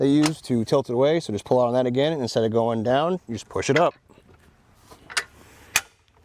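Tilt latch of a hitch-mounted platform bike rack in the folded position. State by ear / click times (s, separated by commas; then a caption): seated / 5.8 s. Someone talks for the first four seconds, then the hitch-mounted RockyMounts MonoRail platform bike rack for 3 bikes is pushed up into its folded position against the vehicle. A smaller knock at 5.2 s comes before a sharp snap at 5.8 s as the tilt latch clicks into place and locks the rack folded up.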